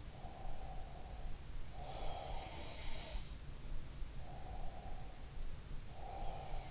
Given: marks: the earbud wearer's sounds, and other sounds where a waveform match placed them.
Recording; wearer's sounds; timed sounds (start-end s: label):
sounds in sleep by an in-ear microphone; breath
0.11-2.59 s: breath
1.89-3.04 s: sound from someone else or the room
4.17-6.71 s: breath